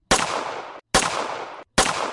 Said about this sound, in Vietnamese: Nhưng giây tiếp theo, tiếng súng bỗng nhiên bạo tạc.